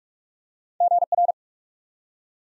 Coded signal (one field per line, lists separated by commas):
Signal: Morse code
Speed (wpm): 44 wpm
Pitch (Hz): 700 Hz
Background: none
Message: GR